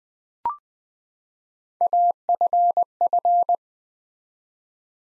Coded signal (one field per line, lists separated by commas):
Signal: Morse code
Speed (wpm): 20 wpm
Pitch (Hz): 700 Hz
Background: none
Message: AFF